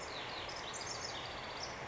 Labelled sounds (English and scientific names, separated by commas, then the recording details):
House Wren (Troglodytes aedon)
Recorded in Sonoma County, California